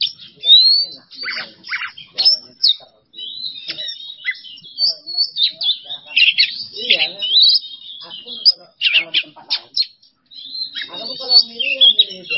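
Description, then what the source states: Oriental magpie-robin giving a rich, restless song of whistles, harsh squeaks and buzzy fragments. Masteran training recording for songbirds; kacer song in 'bongkar isian emosi' style.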